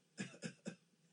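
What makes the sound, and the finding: Adult male. Voluntary cough.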